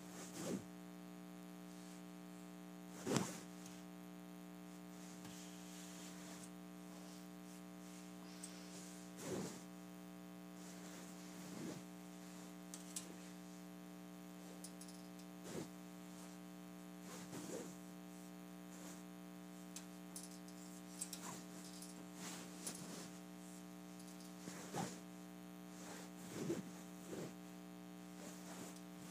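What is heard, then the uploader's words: Fabric of a pillow case is scratched and rubbed in short, irregular strokes, each a brief dry rasp, with a sharper scrape near 3 seconds and others around 9 and 26 seconds. A steady low hum runs underneath throughout. ASMR Scratch and Rub: Pillow Case.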